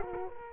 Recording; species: mosquito wingbeat signal from an infrared sensor; Culex quinquefasciatus